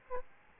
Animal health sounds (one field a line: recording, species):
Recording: mosquito wingbeat signal from an infrared sensor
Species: Aedes albopictus